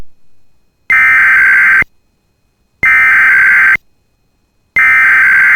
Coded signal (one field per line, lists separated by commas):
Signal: Emergency Alert System (SAME) tones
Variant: header bursts